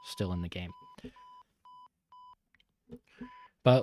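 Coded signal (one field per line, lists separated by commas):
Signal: none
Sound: game sound effect beeps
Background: speech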